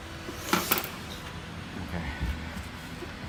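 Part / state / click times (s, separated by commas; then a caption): rod stopper into fork cartridge channel / seated / 0.5 s, 0.7 s. A metal stopper on the damper rod of a Racing Bros fork cartridge kit, being installed in a Honda Grom MSX125 motorcycle fork, is slid down into a small channel. Two sharp metallic clicks sound at 0.5 s and 0.7 s against a quiet, low hum. The stopper locks in place so the rod cannot slide back through.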